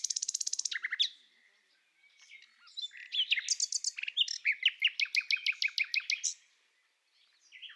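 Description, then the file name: Common nightingale song: a rapid rattling trill of high notes, a pause, then loud repeated whistled and chattering phrases pulsing several times per second before ending abruptly. "Nachtigall - Luscinia megarhynchos - Oliver Swift"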